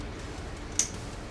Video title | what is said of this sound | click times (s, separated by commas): How to de-pin and re-pin automotive wiring connectors using D81B3, 3-terminals | it clicks into place. | 0.8 s